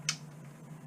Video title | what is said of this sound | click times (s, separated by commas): FTT 130 Lab Muzzleloader Build SDI | you're gonna pull it all the way back you'll hear it pop | 0.1 s